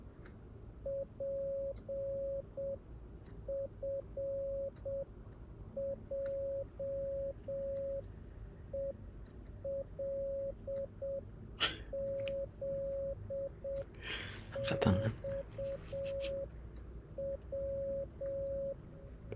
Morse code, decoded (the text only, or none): PFJELZXW